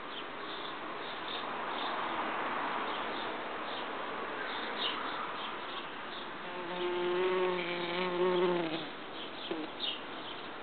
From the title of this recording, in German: Hummel-Hornissen-Gruppendynamik